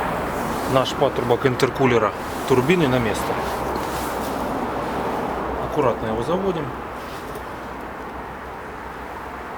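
Someone talks while the plastic upper turbo intercooler boost pipe on a BMW X5 E53, being replaced because of lost power, is gently worked into position on the EGR valve inlet neck over a steady low background hum. Nothing has seated or clicked yet; the pipe is only eased into place before latching.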